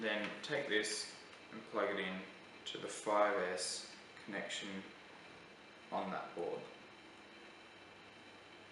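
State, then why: Not seated. A balance lead adapter that came with a BC 160 hobby battery charger is being plugged into the charger's 5S balance connection while someone talks throughout. The adapter is only being handled at the port; nothing has seated or clicked yet.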